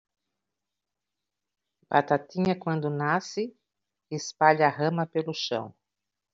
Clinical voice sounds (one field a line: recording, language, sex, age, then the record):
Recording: short text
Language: Brazilian Portuguese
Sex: female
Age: 50 to 59 years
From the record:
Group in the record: control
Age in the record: 59 years